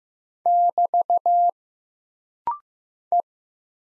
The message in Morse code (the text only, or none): <BT> E